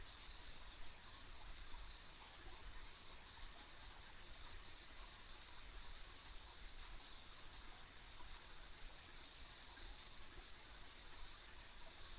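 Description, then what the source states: Insects drone in a steady high chorus without pause. A soft low rumble runs throughout. Ambient insect sounds on a country road.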